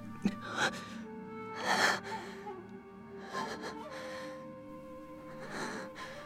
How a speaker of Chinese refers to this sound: 那里破了个大洞，从前胸到后背，常人早就断气了，而他又躺在地上微弱喘息。